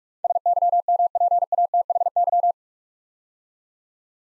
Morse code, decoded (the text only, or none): SYMPATHY